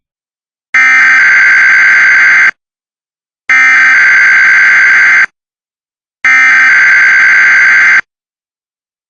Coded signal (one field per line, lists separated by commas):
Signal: Emergency Alert System (SAME) tones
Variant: header bursts